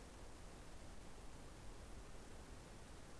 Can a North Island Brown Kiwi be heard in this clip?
no